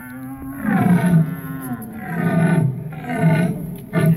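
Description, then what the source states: Red deer giving a run of deep, hoarse roars, one long bellow followed by shorter bursts, with a low rumbling background. Rutting calls near Mława, Poland, November 2019.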